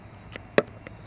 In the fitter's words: and then you hear that snap